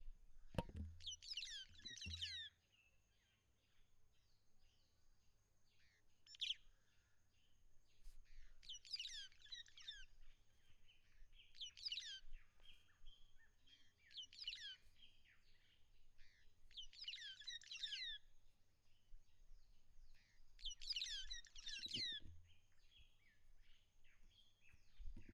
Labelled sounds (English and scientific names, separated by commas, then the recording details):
White-headed Buffalo-Weaver (Dinemellia dinemelli)
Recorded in northern Uganda